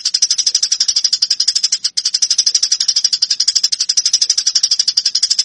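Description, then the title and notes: Eurasian tree sparrow chattering in a continuous fast series of sharp, high chirps, with one brief break early on. Fighting calls. "MASTER GEREJA TARUNG. burung gereja"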